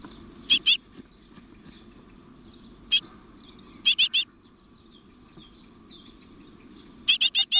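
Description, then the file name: Great tit repeats short groups of one to four harsh, buzzy notes at irregular intervals, with faint thin whistles and a low hum. "Parus major"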